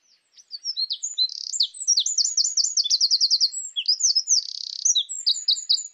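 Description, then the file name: Eurasian wren song: a loud, very high, rapid outpouring of sharp notes with fast rattling trills and buzzy runs, continuous for over five seconds. "Troglodytes troglodytes"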